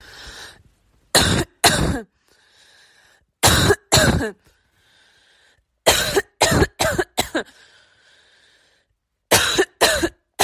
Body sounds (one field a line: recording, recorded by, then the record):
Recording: voluntary cough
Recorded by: messaging app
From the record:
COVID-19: negative